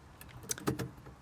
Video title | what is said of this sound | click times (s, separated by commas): How to REPLACE Xenon LIGHT BULBS in SKODA OCTAVIA III | twist it will snap in. | 0.5 s